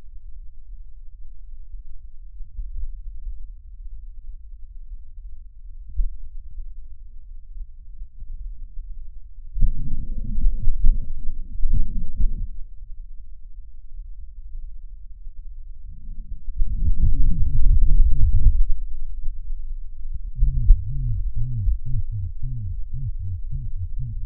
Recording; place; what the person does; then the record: lung sounds by stethoscope; left posterior basal chest; quiet breathing, then cough and speech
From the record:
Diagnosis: pulmonary infection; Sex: male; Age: 74 years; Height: 171 cm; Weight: 80 kg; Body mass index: 27.4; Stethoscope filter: bell mode